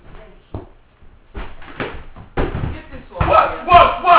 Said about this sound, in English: You're breaking the door with the...